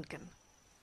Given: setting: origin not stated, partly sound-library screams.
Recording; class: one-second piece from a danger detection set; normal situation